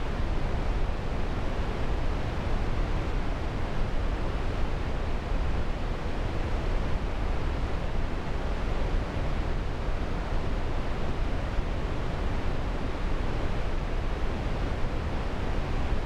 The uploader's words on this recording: Distant Rumble of the Waterfall.